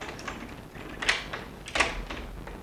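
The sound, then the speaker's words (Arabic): A door opens with a couple of sharp knocking clicks, a latch and a thud about a second apart, over a faint hiss with no one speaking. “ادخل يا صغير وأغلق الباب.”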